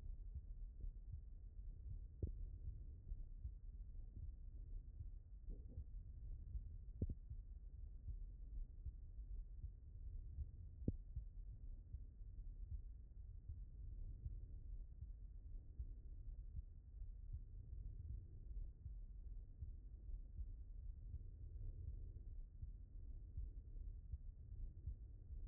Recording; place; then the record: heart sounds by stethoscope; aortic valve (AV)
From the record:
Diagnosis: non-HFrEF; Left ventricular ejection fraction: 60%